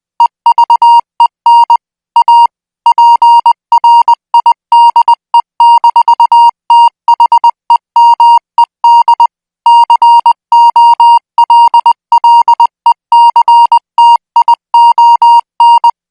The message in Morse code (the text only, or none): EVEN A PRIDE-THEMED COLLECTION